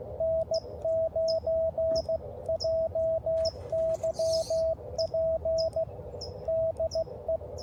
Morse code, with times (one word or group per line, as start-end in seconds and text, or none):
0.2-5.8 N9JYP
6.5-7.4 DE